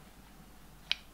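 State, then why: Released. A brass key is turned clockwise in the box lock of a wooden chest made from a log, its mechanism visible through clear Perspex. After a near-silent stretch with a low steady hum, a single sharp, bright click sounds at 0.9 s as the latch springs open. The lock is released.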